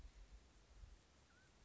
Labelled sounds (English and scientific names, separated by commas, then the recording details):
Mountain Quail (Oreortyx pictus)
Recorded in Sonoma County, California